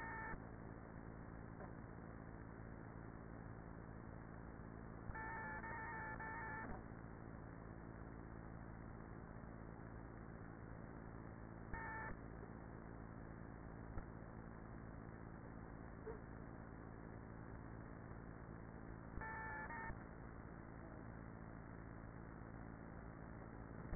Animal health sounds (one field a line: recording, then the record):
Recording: honeybee colony, microphone inside the hive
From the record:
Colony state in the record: queenless with a low population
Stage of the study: after two queens were removed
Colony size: about 30,000 bees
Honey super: no